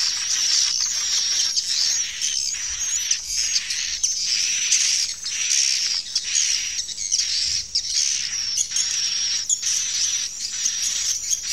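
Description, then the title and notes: Swiftlet twittering, dense, high and thin, in repeated rhythmic bursts against a constant shrill background of calls. Swiftlet calls used in swiftlet bird farming in Asia. "Swiflet Bird Sound. Farming Swiflet Bird asia sound"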